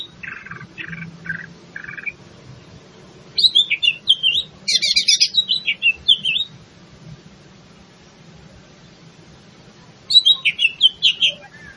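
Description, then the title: Greater green leafbird singing: a few mid-pitched notes, then high sweeping whistles mixed with dense chattering trills, a pause, and another slurred whistled phrase. In full song, locally called gacor. "Cucak Ijo Gacor"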